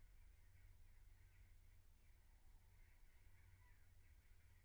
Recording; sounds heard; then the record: poultry house recording; no chicken sound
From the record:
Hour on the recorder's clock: 15